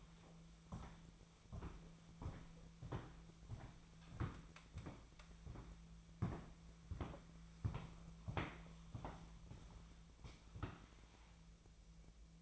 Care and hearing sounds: daily activity, microphone in the room; walk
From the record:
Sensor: 1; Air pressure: 1008.3 hPa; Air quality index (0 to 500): 190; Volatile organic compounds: 17 ppm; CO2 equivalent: 2584 ppm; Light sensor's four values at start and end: 17/43/18/20 and 18/45/18/21

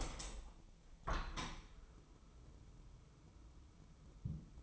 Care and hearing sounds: daily activity, microphone in the room; open window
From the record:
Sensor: 1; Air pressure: 1014.9 hPa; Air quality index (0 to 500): 25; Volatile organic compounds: 0 ppm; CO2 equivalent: 503 ppm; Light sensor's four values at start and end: 10/25/10/11 and 11/26/10/12

